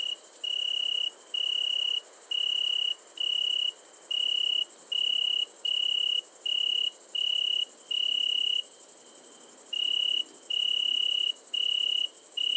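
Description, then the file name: Italian tree cricket trilling in evenly spaced bursts, briefly pausing after about nine seconds, accompanied by a nonstop high-pitched buzzing bush-cricket chorus. Recorded together with great green bush-cricket at Le Puech, Cantal; dated 060921. "grillon-d Italie-et-grande-sauterelle-verte-Le-Puech-Cantal"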